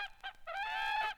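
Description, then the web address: Crane giving two short honking notes and then a long, resonant, slightly wavering trumpeting call that holds steady for about two-thirds of a second. "soundswild resonating cranes"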